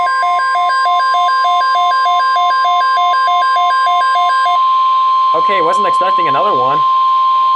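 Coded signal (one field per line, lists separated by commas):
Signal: Emergency Alert System (SAME) tones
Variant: 1050 Hz attention tone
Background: speech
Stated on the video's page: Two real High Wind Warning EAS alerts, one sent as a High Wind Advisory, with the header doubled by a failure.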